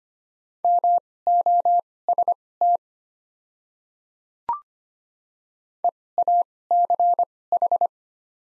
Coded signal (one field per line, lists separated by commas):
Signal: Morse code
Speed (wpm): 25 wpm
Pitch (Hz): 700 Hz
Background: none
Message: MOST EACH